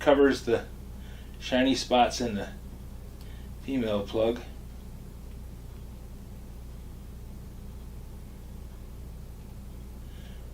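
Someone talks over the first four seconds while the male wiring plug of an exercise bike harness is flipped so its shiny contacts are hidden and lined up with the female plug, ready to be pushed in. The rest is a quiet, steady background hiss with only faint handling. Nothing has seated or clicked yet.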